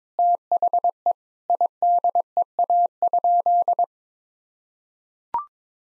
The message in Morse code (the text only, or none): THE IDEA?